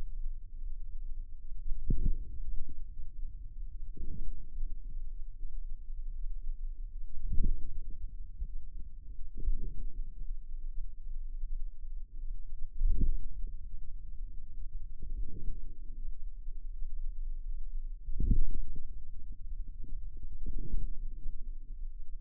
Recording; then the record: forearm muscle sounds (acoustic myography)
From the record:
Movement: wrist flexion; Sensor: system 2, bracelet of six BSWA MPA416 microphones around the upper forearm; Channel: 4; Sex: female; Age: 23 years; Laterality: right